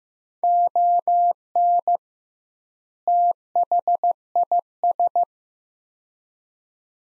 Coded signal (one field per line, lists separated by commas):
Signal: Morse code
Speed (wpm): 15 wpm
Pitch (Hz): 700 Hz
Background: none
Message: ON THIS